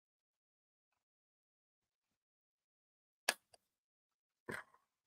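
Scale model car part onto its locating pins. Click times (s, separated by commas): 3.3 s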